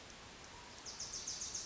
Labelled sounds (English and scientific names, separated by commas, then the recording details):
Wilson's Warbler (Cardellina pusilla)
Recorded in Sonoma County, California